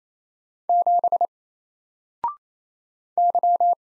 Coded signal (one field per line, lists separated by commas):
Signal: Morse code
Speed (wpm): 27 wpm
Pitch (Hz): 700 Hz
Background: none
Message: 7 Y